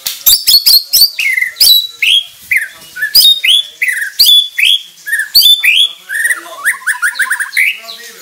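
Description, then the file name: White-rumped shama calling in quick bursts, high clicking notes mixed with downslurred whistles and rougher chatter, varied and irregular throughout. Bornean crowned variety; harsh call. "Suara kasar burung murai batu borneo mahkota"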